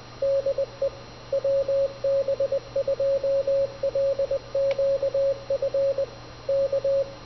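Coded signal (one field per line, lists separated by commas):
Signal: Morse code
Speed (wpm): 20 wpm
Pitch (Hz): 550 Hz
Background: radio noise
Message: DE WB2LQF K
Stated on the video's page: Begali CW Machine sending, demonstrating its electronic version of the radiotelegraph "mill" used to copy CW off the air.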